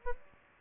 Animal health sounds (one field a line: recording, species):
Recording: mosquito wingbeat signal from an infrared sensor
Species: Aedes albopictus